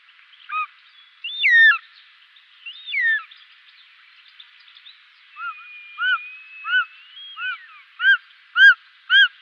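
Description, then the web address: Short-toed snake eagle calls: a series of plaintive, down-curving whistles, some gliding and wavering, then several evenly spaced clear notes near the end. "Schulze Peter Short-toed Eagle"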